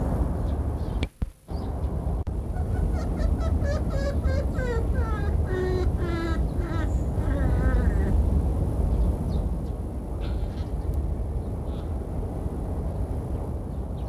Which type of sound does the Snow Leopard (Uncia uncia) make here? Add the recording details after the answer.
call. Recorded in captivity. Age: adult. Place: Tierpark Berlin, Berlin, DE. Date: 1962-12-08 15:00. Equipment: Minifon, Kopie Smaragd. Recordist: Tembrock, Günter. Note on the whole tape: Laute gegen Beobachter, Intentionen zum Pfotenschlagen. Abstand 2 m